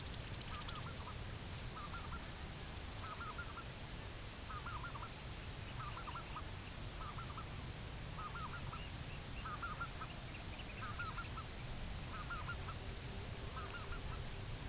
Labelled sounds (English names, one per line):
Pectoral Sandpiper
Greater White-fronted Goose